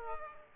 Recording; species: mosquito wingbeat signal from an infrared sensor; Aedes aegypti